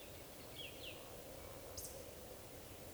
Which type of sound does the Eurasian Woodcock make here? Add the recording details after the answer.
whistle, croak. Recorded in Baden-Württemberg, Germany, on 11 June 2020 at 19:38 UTC. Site 41501, 195 m above sea level